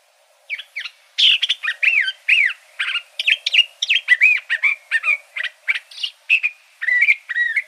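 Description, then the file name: Curve-billed thrasher song of hurried, varied phrases, sharp chips mixed with down-slurred and rising whistles, starting after a short quiet moment and running steadily on. Arizona. "CBTH 8 Deviche"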